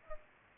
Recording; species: mosquito wingbeat signal from an infrared sensor; Culex pipiens